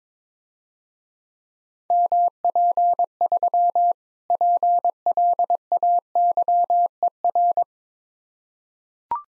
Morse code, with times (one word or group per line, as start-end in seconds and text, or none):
1.9-3.9 MP3
4.3-7.6 PLAYER